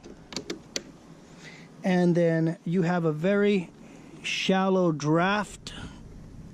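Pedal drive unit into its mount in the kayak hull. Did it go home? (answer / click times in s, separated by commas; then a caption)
yes / 0.8 s. The pedal drive unit of a plastic Radar 135 fishing kayak is raised and locks into its mount in the hull in the up position for shallow water, with small clicks at 0.4 s and 0.5 s and a sharp locking click at 0.8 s. Someone then talks.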